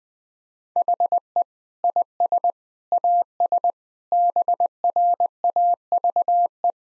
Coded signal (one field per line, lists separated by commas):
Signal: Morse code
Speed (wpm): 19 wpm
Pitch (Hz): 700 Hz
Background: none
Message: HE IS AS BRAVE